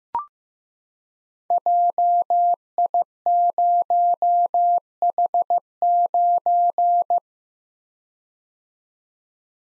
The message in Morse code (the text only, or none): JI0H9